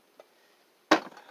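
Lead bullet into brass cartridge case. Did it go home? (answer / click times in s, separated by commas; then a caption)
yes / 0.9 s. While reloading, a lead bullet is pressed into the mouth of a straight-walled brass cartridge case that was not flared, meeting a lot of resistance. A faint tap at 0.2 s is followed by a loud, sharp clunk at 0.9 s as the bullet seats, then a short rattling decay.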